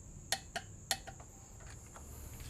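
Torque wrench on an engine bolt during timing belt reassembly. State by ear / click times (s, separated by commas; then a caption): torque reached / 0.3 s, 0.9 s. A torque wrench tightens a bolt, probably the crank or harmonic balancer bolt, on the engine of a 2005 Magnum during timing belt reassembly. Sharp metallic clicks ring out at 0.3 s and 0.9 s, with a softer tick between them. The clicks show the wrench has reached its set torque.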